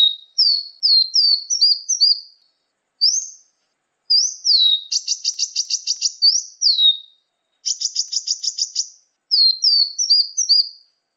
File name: kolibri muncang. omkicau